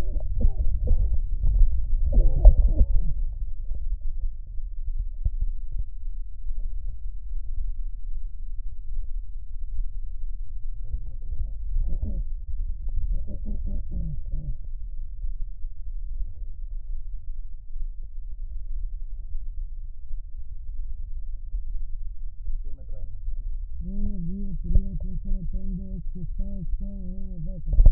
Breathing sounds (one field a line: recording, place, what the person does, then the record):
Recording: lung sounds by stethoscope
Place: left posterior apical chest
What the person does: quiet breathing, then cough and speech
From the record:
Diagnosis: pulmonary infection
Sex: female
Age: 74 years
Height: 160 cm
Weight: 66 kg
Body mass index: 25.8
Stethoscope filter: extended mode